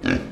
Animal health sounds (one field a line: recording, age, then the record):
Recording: pig call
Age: growing-finishing pig (85 days or more)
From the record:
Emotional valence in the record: negative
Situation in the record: barren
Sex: female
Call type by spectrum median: low-frequency call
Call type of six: low-frequency tonal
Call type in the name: low-frequency stable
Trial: 1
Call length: 0.32 s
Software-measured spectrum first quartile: 253 Hz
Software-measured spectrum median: 564 Hz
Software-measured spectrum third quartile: 1885 Hz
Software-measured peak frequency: 266 Hz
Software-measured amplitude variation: 217 dB a second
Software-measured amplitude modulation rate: 29.8 a second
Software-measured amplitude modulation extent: 7.3 dB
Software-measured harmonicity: 1.4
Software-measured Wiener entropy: -1.87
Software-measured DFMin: 774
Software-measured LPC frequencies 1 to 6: 298, 1604, 2432, 3644, 4451, 5590 Hz